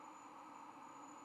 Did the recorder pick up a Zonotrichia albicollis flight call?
no